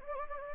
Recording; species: mosquito wingbeat signal from an infrared sensor; Anopheles gambiae